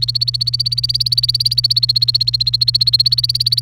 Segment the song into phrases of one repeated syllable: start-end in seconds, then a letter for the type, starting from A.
0.00-3.61 A